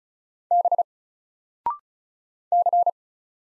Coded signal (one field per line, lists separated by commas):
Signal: Morse code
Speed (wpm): 36 wpm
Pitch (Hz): 700 Hz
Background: none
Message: B C